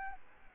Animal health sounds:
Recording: mosquito wingbeat signal from an infrared sensor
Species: Aedes albopictus

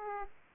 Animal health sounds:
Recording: mosquito wingbeat signal from an infrared sensor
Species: Aedes aegypti

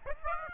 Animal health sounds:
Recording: mosquito wingbeat signal from an infrared sensor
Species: Aedes aegypti

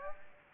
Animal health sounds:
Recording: mosquito wingbeat signal from an infrared sensor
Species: Aedes aegypti

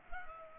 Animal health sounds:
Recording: mosquito wingbeat signal from an infrared sensor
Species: Culex pipiens

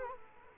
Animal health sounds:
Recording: mosquito wingbeat signal from an infrared sensor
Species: Culex quinquefasciatus

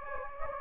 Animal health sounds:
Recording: mosquito wingbeat signal from an infrared sensor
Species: Anopheles gambiae

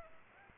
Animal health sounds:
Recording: mosquito wingbeat signal from an infrared sensor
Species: Aedes aegypti

